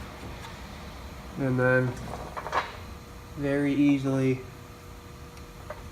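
A front brake pad wear sensor's plastic plug on a 2007–2013 Mercedes C300 is handled near its wiring connector while someone talks. Two short taps are heard around 2.5 and 5.7 seconds. Nothing has seated or clicked yet.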